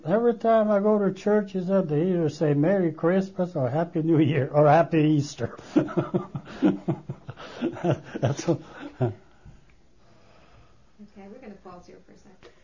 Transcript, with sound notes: Every time I go to church they either say Merry Christmas or Happy New Year, or Happy Easter." (he laughs)
Okay, we're going to pause here for a second.